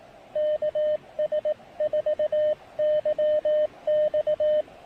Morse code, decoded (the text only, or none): KS4YX